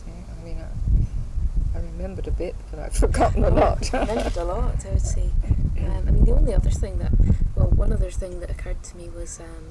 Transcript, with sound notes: I mean I remembered a bit, but I've forgotten a lot. [laughs]
You've remembered a lot I would say. Erm, the only other thing, well, one other thing that occurred to me was erm,